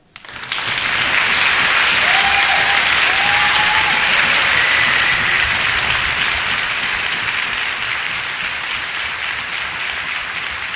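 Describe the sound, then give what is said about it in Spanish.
Sustained applause from a large audience as a tribute during an afternoon concert, a dense wash of clapping that starts abruptly, holds steady and loud, then eases slightly toward the end, with a brief faint whistle early on. “Este aplauso, esta carta y cada una de las notas de esta tarde son para ti.”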